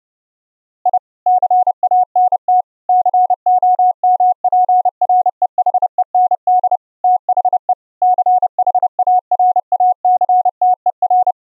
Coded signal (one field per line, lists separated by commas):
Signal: Morse code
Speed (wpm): 29 wpm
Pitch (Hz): 730 Hz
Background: none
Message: I CANT COMPREHEND THE CHARACTER